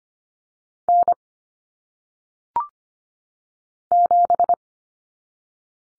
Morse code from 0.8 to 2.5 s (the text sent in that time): N